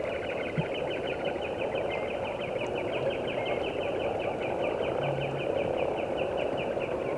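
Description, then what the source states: Wood sandpiper song, quick whistled notes repeated steadily throughout, heard against a constant low rushing background. Field recording from Finland, issued on a 1988 cassette of countryside birds.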